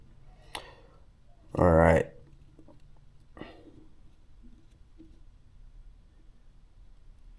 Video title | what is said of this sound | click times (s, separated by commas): Axial Gilamon transmission ASD install | And you'll feel them lock into place. They got a nice place to lock into. | 0.5 s